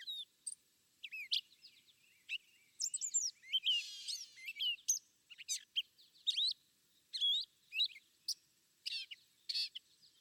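Gray catbird singing a stream of mixed squeaks, whistled slurs and a raspy phrase, varied high notes following one another irregularly.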